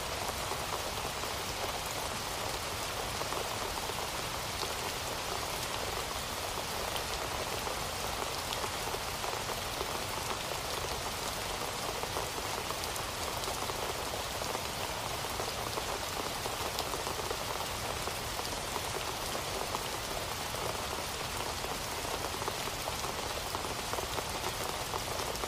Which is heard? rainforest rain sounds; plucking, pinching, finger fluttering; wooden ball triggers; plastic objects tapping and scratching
rainforest rain sounds